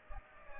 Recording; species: mosquito wingbeat signal from an infrared sensor; Aedes aegypti